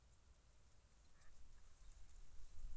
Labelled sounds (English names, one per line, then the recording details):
Mallard
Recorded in Germany
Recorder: ecoPi